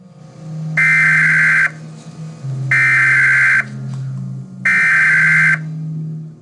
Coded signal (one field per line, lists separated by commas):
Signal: Emergency Alert System (SAME) tones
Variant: header bursts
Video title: EAS Green Screen